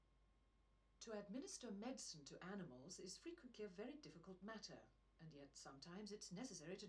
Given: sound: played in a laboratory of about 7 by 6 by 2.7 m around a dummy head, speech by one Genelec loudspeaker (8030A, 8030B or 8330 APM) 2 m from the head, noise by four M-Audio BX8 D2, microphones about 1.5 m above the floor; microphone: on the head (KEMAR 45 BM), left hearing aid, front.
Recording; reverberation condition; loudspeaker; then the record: female speech in English; low; 150 degrees to the left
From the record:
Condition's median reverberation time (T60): about 310 ms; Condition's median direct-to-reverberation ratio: about 3.5 dB